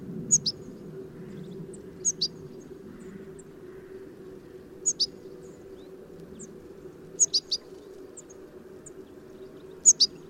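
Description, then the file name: European goldfinch calls: short, high chirps in twos or threes, given every two to three seconds against a soft, steady low background hum. "Carduelis carduelis"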